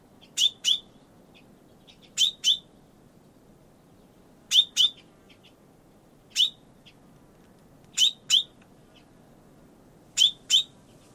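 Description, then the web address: Bird calls: crisp high chips, singly or paired, about every two seconds, with fainter soft notes between and low background noise. "Bird Only"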